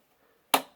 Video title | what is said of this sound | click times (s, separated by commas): Top Loading Washing Machine Load Sensor Troubleshooting and Replacement | rotate it till it clicks and then | 0.5 s